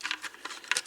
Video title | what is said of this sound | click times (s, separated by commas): Rainbow Vacuum Power Sweeper Spring Cleaning | and pop it in place | 0.7 s